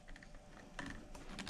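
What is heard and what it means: With the trigger assembly fitted into the receiver of a Ruger Mini 14 Ranch Rifle, the metal trigger guard is handled as it is pulled down toward its latch on the trigger housing. Light scrapes and small taps are heard, with sharper knocks near 0.8 s and 1.4 s. Nothing has seated or snapped into place yet.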